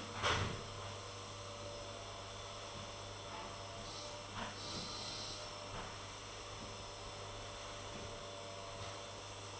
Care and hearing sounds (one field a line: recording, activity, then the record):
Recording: daily activity, microphone in the room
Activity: vacuum cleaning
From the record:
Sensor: 4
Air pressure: 1008.5 hPa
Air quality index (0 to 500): 62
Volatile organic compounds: 1 ppm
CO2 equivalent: 598 ppm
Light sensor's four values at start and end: 14/32/13/12 and 14/32/13/12